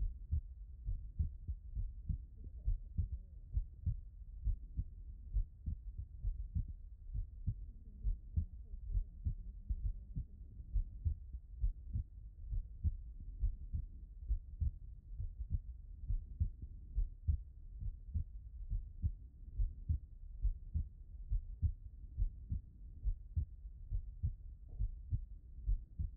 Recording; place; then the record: heart sounds by stethoscope; pulmonary valve (PV)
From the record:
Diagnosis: non-HFrEF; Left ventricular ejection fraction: 55%